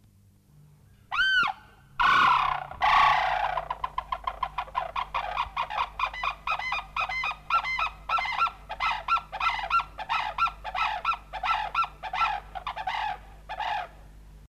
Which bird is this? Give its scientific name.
Grus antigone